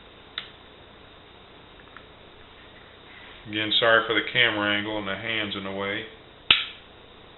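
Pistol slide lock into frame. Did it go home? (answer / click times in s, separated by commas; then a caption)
yes / 6.5 s. During reassembly of a Glock 29/30 pistol, the slide lock spring is held down while the steel slide lock is pushed back into the polymer frame. Someone talks, then a sharp snap at 6.5 s marks the slide lock seating into the frame.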